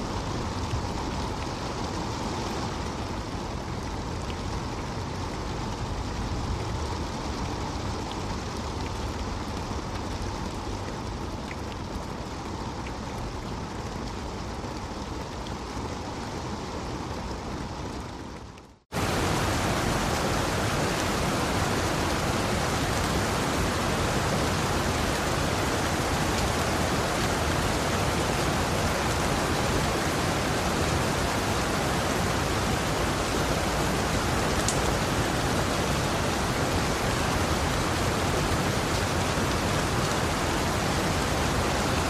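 Steady rain hisses densely for the first nineteen seconds, slightly muffled, with a faint hum running underneath. Around nineteen seconds it drops out for a moment, then returns louder and brighter: an even wash of falling rain that holds unchanged to the end.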